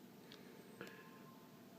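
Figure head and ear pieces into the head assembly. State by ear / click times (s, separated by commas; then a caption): seated / 0.3 s, 0.8 s. Small plastic ear pieces and the head of a Perfect Effect PE-DX02 Aranea action figure are slid up and worked into the head assembly after some trouble getting them to lock. Two small, sharp clicks are heard at 0.3 s and 0.8 s over a faint background, and the pieces lock into place.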